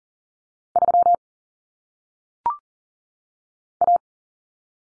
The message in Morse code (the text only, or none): 3 A